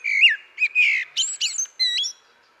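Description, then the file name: Common blackbird delivering a brief burst of rich, warbling whistles mixed with higher squeaky notes, loud and clear. "Turdus merula"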